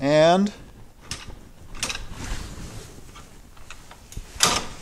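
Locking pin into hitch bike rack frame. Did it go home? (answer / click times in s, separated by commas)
yes / 4.4 s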